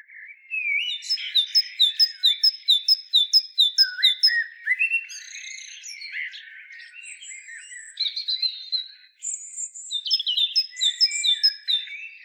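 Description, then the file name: Great tit repeating clipped, downward-sliding high notes in a fast series, followed by varied chirps and whistles. "Parus major"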